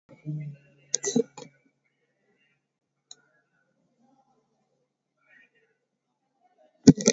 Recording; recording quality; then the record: sustained vowel as in beet; poor, much background noise or distortion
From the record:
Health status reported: COVID-19 positive, mild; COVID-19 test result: positive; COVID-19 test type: RT-PCR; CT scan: not taken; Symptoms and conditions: fatigue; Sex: male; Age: 31 years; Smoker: no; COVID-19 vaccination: none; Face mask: not worn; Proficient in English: yes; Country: India